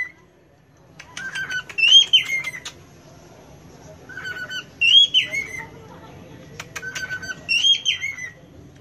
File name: Canto da Calopsita